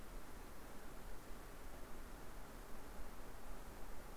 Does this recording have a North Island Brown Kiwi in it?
no